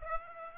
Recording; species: mosquito wingbeat signal from an infrared sensor; Aedes aegypti